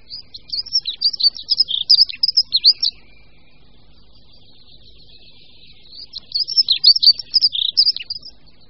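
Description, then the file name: Dunnock delivering two rapid, high, tinkling warbled phrases, each about two and a half seconds long, separated by a pause of about three seconds. "Pěvuška-modrá"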